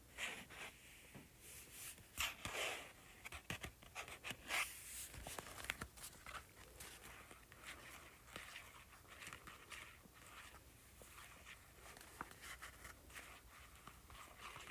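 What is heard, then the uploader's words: Fingers tap and scratch on a paperback book, making crisp, dry clicks and a papery scraping hiss. The taps are loudest and most crowded in the first five seconds, then continue as lighter, irregular ticks and soft scratches until the end. ASMR Tapping and Scratching Paperback Book.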